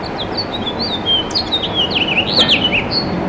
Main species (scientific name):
Haemorhous mexicanus